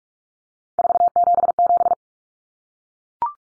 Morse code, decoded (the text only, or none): 477